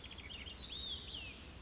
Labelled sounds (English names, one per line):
Olive-sided Flycatcher